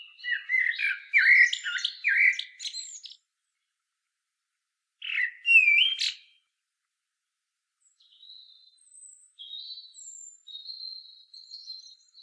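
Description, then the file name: Common blackbird song: a varied warbled phrase of mid-pitched notes for about three seconds, a shorter phrase after a pause, then faint thin high notes. "Turdus merula"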